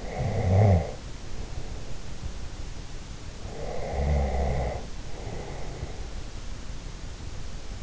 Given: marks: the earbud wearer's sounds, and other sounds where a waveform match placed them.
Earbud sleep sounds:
sounds in sleep by an in-ear microphone; snoring breath
0.00-2.08 s: snoring breath
3.44-6.09 s: snoring breath

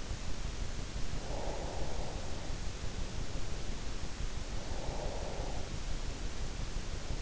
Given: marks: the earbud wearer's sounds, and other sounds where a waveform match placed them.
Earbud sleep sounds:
sounds in sleep by an in-ear microphone; breath
0.95-2.73 s: breath
4.18-6.28 s: breath

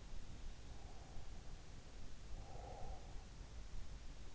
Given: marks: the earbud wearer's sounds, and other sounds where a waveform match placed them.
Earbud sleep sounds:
sounds in sleep by an in-ear microphone; breath
0.75-3.20 s: breath

